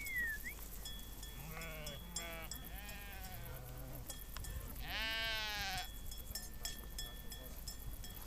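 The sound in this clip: Sheep giving several bleats, some low and short, one loud higher drawn-out cry near the middle, with a faint steady tone in the background.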